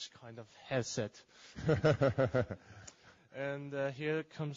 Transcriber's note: laughter